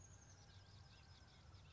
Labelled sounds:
Oak Titmouse
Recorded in Sonoma County, California

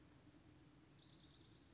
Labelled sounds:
Orange-crowned Warbler
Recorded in Sonoma County, California

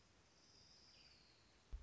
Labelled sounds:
Orange-crowned Warbler
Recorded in Sonoma County, California

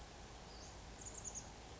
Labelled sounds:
Western Flycatcher
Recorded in Sonoma County, California

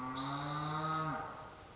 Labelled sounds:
Spotted Towhee
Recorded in Sonoma County, California

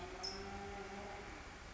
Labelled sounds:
California Towhee
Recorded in Sonoma County, California

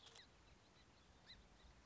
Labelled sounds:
Song Sparrow
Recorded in Sonoma County, California

